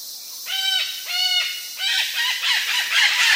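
Sulphur-crested cockatoo calls: three drawn-out harmonic squawks, then a quick run of shorter rasping notes building into a harsh, noisy screech.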